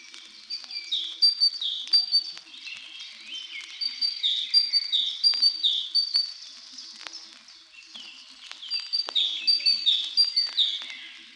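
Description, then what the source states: Great tit: several bursts of loud, ringing call notes separated by quieter stretches. Has a very ringing voice and does not like to stay silent; several of its calls presented.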